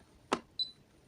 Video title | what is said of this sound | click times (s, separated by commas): Honest Review Diffuser + Essential Oil Levien - Oil Lokal Good Quality Harga Terjangkau Halal & BPOM | Nah, sampai terdengar bunyi klik. | 0.3 s